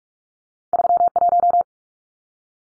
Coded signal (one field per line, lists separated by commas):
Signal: Morse code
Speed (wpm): 44 wpm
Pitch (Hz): 700 Hz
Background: none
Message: 31